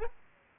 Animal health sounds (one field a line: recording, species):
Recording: mosquito wingbeat signal from an infrared sensor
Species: Aedes aegypti